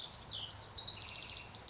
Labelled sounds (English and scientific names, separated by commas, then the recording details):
House Wren (Troglodytes aedon)
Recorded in Sonoma County, California